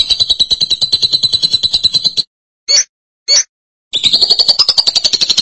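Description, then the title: Lovebird chatter, fast shrill rattling twitters, broken by two brief sharp squeaks in a silent pause before the rapid chatter resumes. "BM Suara Burung Lovebird"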